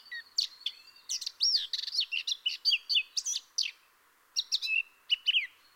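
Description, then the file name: Eurasian blackcap song: a jumble of rapid chirps and short whistles, a brief gap, then a few clearer notes that slide downward. "Sylvia atricapilla"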